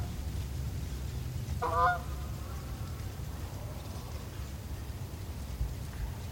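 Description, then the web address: A goose gives a single nasal honk against a steady windy rumble; the rest is wind noise. Geese flying, with icy winter wind. "geese flying plus icy winter wind"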